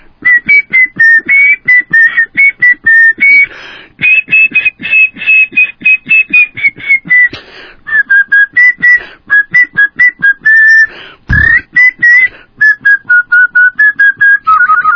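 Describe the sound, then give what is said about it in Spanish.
A person whistles a long, rapid run of bird-like notes, bright and high, with quick trills, slides and chirps in a continuous, lively pattern, imitating the song of birds of the Ecuadorian Amazon. No talking. “También silbo como las aves de la Amazonía ecuatoriana.”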